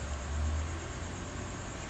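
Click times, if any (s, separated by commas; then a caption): none. A plastic display panel is lined up and moved into position on the control console of a Kenmore Elite dryer, just before it is pressed so its tabs snap into place. Only a steady broadband hiss with a low rumble is heard, with no distinct clicks or impacts. Nothing has seated or clicked yet.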